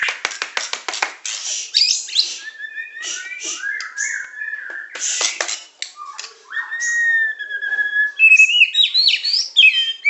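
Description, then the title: Oriental magpie-robin singing clicking chatter that gives way to long pure whistles, some level and some wavering, then climbing sweeping notes at the end. "Kicau Kacer"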